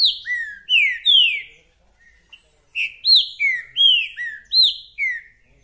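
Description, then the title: Green-winged saltator song: clear, full whistled notes falling in pitch, a short phrase then a longer run of seven notes after a brief pause. Green-winged saltator singing in a territorial dispute; calling, singing and acting male in the contest, with songs repeated one after another. "TRINCA Piando, Cantando E Macheando Na DISPUTA. 🔥TRINCA FERRO REPETIDOR !! UM CANTO ATRÁS DO OUTRO!!! TRINCA FERRO MERCENARIO!"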